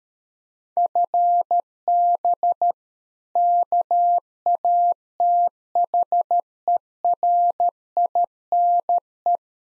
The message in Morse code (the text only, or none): FB KATHERINE